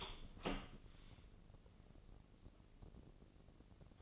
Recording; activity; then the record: daily activity, microphone in the room; open door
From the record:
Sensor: 4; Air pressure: 1013.2 hPa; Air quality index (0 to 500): 179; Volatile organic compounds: 2 ppm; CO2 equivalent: 1124 ppm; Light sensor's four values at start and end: 65/159/67/66 and 84/211/87/91